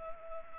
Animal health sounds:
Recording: mosquito wingbeat signal from an infrared sensor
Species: Culex pipiens

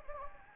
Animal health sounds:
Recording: mosquito wingbeat signal from an infrared sensor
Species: Anopheles gambiae

